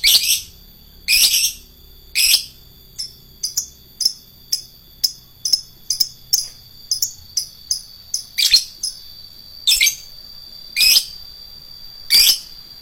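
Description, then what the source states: Lovebird giving harsh chirp bursts, with a middle stretch of short, evenly spaced ticking notes about twice a second, then louder shrieks resume. Adult lovebird of the fighter type.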